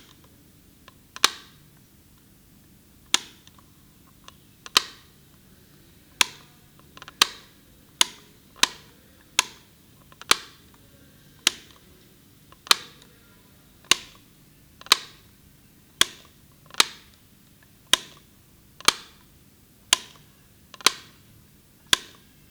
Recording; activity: daily activity, guitar pickup as the sensor; operate light